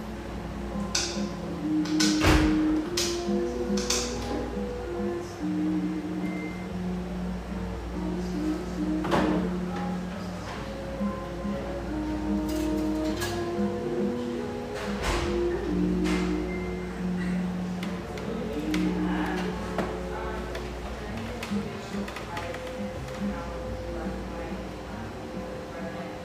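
Café ambience: a steady murmur of overlapping voices carries throughout, with a low hum and sustained tones underneath. Sharp clinks and taps of dishes and cups break through often, clustered early around two to four seconds and scattered after.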